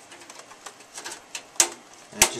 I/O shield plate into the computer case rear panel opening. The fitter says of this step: just pops into place like that okay